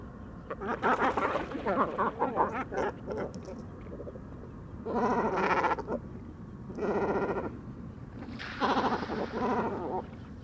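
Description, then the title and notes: Great cormorant calls, loud bursts of harsh, rattling, gargled croaks separated by quieter gaps, over a low continuous hum. Great cormorants gathering at dusk to roost on fishermen's posts on the shore of the Vaccarès, Camargue, 4 January 2020; constant squabbles over space until nightfall; distant car murmur; Mixp3 recorder, MKH40 microphone. "Dortoir de Grands cormorans. Bord du Vaccarès - Camargue"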